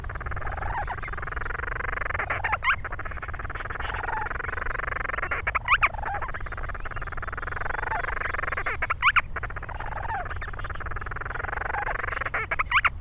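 Grant's storm petrel giving scratchy, stuttering chatter calls about every three seconds against continuous low rumbling noise and a steady hum.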